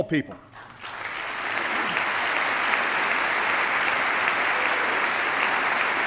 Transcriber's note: applause